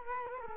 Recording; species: mosquito wingbeat signal from an infrared sensor; Culex quinquefasciatus